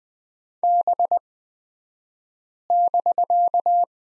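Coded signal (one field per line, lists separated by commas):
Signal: Morse code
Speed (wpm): 20 wpm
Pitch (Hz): 700 Hz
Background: none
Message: B<BK>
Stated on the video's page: Morse course lesson on the prosign BK at Farnsworth speed 20/10 wpm.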